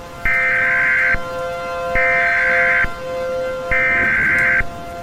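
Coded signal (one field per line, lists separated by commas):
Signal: Emergency Alert System (SAME) tones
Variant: header bursts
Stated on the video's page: Fictional tornado outbreak scenario, simulated alert.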